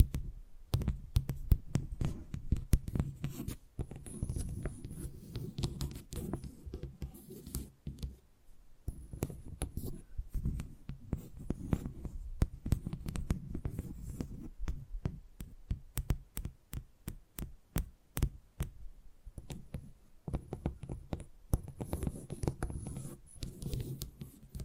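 Quick, irregular tapping runs through the whole clip, dense sharp clicks over a soft low thumping underlayer. The tapping comes in bursts with brief quieter gaps near 8 and 14 seconds, and a faint high whine appears now and then.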